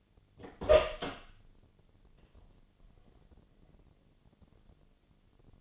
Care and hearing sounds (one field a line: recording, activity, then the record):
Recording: daily activity, microphone in the room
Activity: open door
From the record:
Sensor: 4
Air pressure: 1008.4 hPa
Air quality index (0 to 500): 174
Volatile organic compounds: 5 ppm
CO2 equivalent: 1744 ppm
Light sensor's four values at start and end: 25/79/30/29 and 23/72/27/26